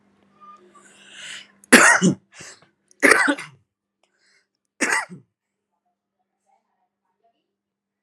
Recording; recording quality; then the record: heavy voluntary cough; moderate, slight background noise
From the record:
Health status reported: respiratory illness, not identified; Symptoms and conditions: cough, asthma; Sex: male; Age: 22 years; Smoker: yes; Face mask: not worn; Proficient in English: yes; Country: India